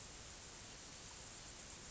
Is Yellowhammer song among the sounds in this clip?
no